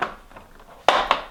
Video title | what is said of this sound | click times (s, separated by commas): Viking Quilt Designer II Stepping Motor Replace | And just sort of bend it around until it snaps in place. | 0.9 s